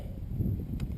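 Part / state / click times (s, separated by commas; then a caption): electrical connector on an ignition coil pack / released / 0.8 s. On a 1999 Nissan Maxima, the release button on the plastic electrical connector of an ignition coil pack is pressed in. It gives a short, sharp click at 0.8 s over a low, rumbling background. The connector is released so it can be wiggled off the coil.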